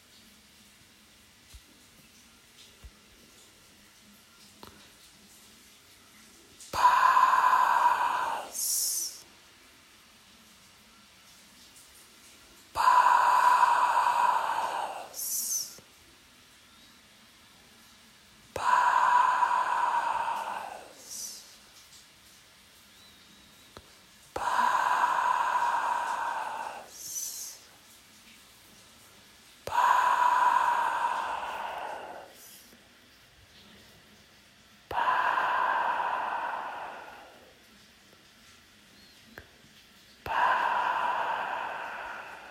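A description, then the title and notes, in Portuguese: Water pours in regular bursts, each lasting about two seconds and recurring roughly every five to six seconds, beginning around seven seconds in. Each gush is a full, hissing splash with a bright spray at its end. Between bursts there is near silence with a faint low hum. Som de água caindo.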